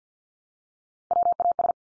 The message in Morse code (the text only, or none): WAS